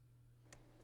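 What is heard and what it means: A torque wrench tightens the ignition coil bolt to 80 inch-pounds during spark plug replacement on a 2013–2020 Ford Fusion 2.0 L4. A faint, sharp click at 0.5 s stands out over a steady low hum, and a softer tick follows near 0.8 s. The wrench clicks at its setting, meaning the bolt has reached the specified torque.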